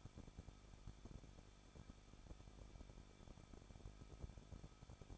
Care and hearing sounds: daily activity, microphone in the room; no activity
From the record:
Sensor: 5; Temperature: 20.9 degrees Celsius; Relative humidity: 38.2%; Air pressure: 1006.4 hPa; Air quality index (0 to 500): 189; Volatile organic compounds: 19 ppm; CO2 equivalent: 2662 ppm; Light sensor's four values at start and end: 2/3/1/1 and 2/3/1/1

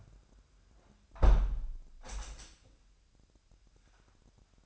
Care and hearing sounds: daily activity, microphone in the room; close window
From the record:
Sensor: 2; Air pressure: 997.8 hPa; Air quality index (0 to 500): 138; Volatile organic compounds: 4 ppm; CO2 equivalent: 1560 ppm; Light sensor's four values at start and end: 11/31/12/12 and 11/31/12/12

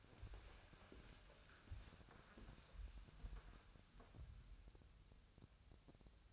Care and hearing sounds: daily activity, microphone in the room; walk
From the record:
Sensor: 2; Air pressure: 1015.2 hPa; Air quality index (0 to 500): 123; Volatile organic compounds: 4 ppm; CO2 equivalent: 1583 ppm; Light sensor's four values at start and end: 13/34/13/15 and 12/34/13/15

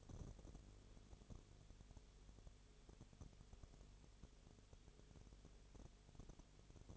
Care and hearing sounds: daily activity, microphone in the room; no activity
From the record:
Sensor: 4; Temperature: 22.0 degrees Celsius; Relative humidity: 29.5%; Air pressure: 1002.1 hPa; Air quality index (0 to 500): 59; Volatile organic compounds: 1 ppm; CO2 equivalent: 607 ppm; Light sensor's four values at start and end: 2/3/1/1 and 2/3/1/1

